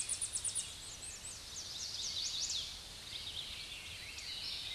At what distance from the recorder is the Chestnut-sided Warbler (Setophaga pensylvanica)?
about 20 m